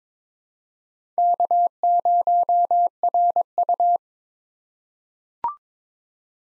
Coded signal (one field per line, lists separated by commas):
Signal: Morse code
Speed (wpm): 22 wpm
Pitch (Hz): 700 Hz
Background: none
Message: K0RU